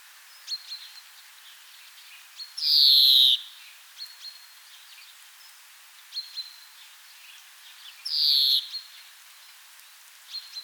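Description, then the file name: European greenfinch uttering two harsh, falling wheezes about five seconds apart, separated by brief thin chirps and ticks. "Chloris chloris"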